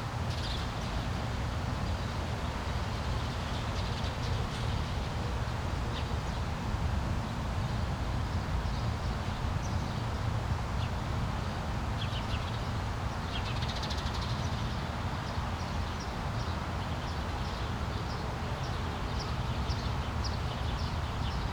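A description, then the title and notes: Birds chirp in short bright bursts over a steady, dense wash of light rain, with clusters of calls around the middle and toward the end. A constant low rumble, like traffic, sits underneath throughout at an even level. Birds Chirping and Light Rain.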